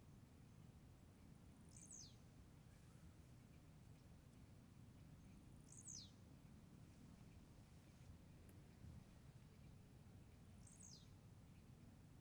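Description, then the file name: Bird calls: three thin, high notes sweeping sharply downward, spaced several seconds apart, over a steady low rumble of background noise. Outdoor ambience at a small farm in the late afternoon. "Ambiente externa em chacara com passaro fim de tarde periquitos"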